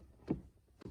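On a 2016 Honda Fit, the plastic cabin air filter cover behind the glove box is being handled and pushed toward its HVAC filter housing after the new cabin air filter goes in. Two dull, low handling bumps are heard, one around 0.3 s and a second at about 0.85 s. Nothing has seated or clicked yet.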